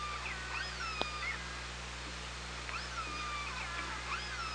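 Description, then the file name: Orca calls underwater, many high whistled and sweeping tones rising and falling and overlapping throughout, with one sharp click near the start over steady low hum and hiss. Recorded on the OrcaLab hydrophone on 24 August 2017. "Orca Lab UTLN JASON 20170824 170240 h 3 PI ORCALABDYNI"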